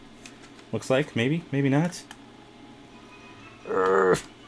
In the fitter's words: okay little antenna pops right in there looks